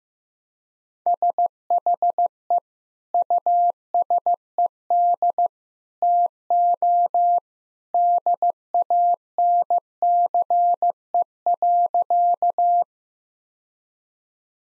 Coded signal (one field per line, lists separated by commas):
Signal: Morse code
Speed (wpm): 15 wpm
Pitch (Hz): 700 Hz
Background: none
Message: SHE USED TO DANCE.